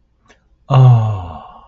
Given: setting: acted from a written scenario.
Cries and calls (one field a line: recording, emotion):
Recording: vocal sound without words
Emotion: adoration